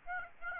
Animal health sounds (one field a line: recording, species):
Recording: mosquito wingbeat signal from an infrared sensor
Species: Aedes aegypti